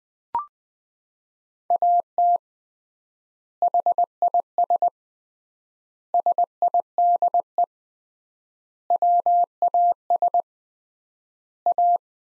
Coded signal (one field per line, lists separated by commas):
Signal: Morse code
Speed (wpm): 20 wpm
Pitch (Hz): 700 Hz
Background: none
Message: AT HIS SIDE WAS A